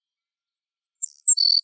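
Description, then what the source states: Sparrow song: a few thin, very high introductory notes, then buzzy, insect-like trills and sliding high notes, with no other sounds. A single bird singing solo.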